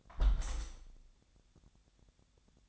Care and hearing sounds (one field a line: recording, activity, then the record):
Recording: daily activity, microphone in the room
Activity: close window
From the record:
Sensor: 3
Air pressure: 1014.9 hPa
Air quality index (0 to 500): 76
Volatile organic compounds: 2 ppm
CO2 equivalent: 1029 ppm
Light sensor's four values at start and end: 9/22/9/9 and 9/22/9/9